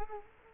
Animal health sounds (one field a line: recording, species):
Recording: mosquito wingbeat signal from an infrared sensor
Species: Culex quinquefasciatus